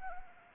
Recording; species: mosquito wingbeat signal from an infrared sensor; Anopheles arabiensis